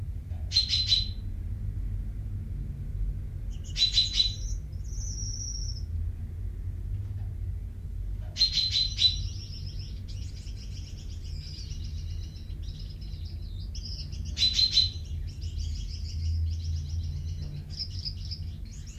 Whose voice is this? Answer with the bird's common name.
Common Chaffinch